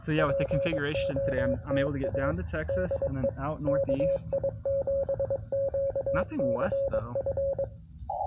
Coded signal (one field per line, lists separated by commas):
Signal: Morse code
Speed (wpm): 22 wpm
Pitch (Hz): 550 Hz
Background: speech, radio noise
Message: POTA DE KI7QCF